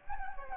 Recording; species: mosquito wingbeat signal from an infrared sensor; Anopheles gambiae